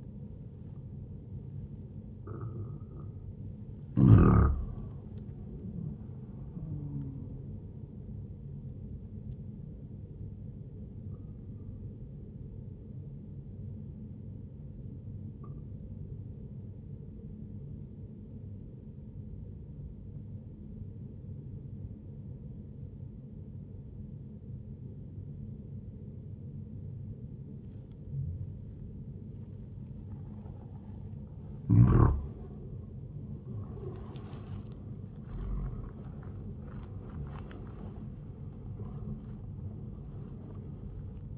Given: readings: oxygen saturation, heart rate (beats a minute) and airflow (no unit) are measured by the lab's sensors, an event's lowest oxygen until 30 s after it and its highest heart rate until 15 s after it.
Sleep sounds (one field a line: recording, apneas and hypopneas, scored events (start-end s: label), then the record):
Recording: breathing in sleep by a smartphone at the bedside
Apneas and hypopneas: 1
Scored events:
13.00-32.30 s: obstructive apnea (N1, oxygen 96% highest, then 93% lowest, heart rate 71 at the start, 85 highest)
From the record:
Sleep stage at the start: N1 (lightest sleep)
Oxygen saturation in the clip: 93 to 98%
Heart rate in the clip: 66 to 80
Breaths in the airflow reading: 4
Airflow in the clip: -11.8 to 12.0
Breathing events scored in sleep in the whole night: 131 in 7.2 hours asleep